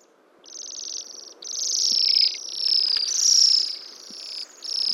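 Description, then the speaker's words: Bohemian Waxwing giving high, thin, hissy trills, several overlapping buzzy notes in quick succession. Monogamous, non-territorial; lacks a true song, occasionally gives high-pitched hissy trills; circumpolar across northern forests of Europe, Asia, North America; moves in flocks in winter seeking fruit. "Therefore, they don't have an actual song, but occasionally do produce a high-pitched, hissy trill."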